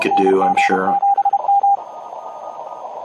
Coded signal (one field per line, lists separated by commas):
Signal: Morse code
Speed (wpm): 32 wpm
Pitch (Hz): 810 Hz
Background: speech, radio noise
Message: NG7M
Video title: January 14, 2021 UARC Meeting: HF Made Easy - Using UARC's HF remote stations in a CW contest